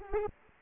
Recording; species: mosquito wingbeat signal from an infrared sensor; Aedes aegypti